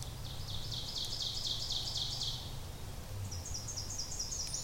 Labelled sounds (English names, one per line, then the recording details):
Ovenbird song
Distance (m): 55 m
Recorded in boreal forest in Alberta, Canada, on 26 May 2016 at 08:26
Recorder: SongMeter 3, array SBT-3-15
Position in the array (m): 36 m, 246 m
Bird 20